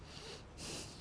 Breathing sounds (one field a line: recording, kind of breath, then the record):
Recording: one breath in and out by a microphone near the nose and mouth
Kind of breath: strong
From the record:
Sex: male